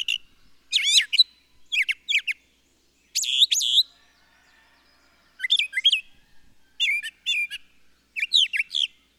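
Bird song of high chirping phrases with swooping notes and trills, in bursts separated by a short pause midway.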